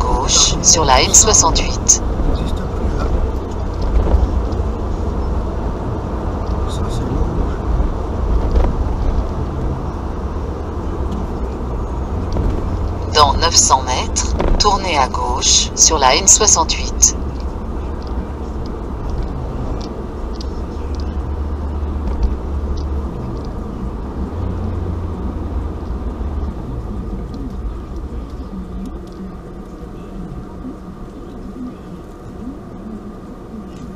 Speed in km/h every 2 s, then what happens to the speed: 73, 71, 70, 69, 67, 66, 62, 58, 55, 53, 52, 49, 43, 35, 29, 16, 8.
0-34 slows to 8.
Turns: 28-31.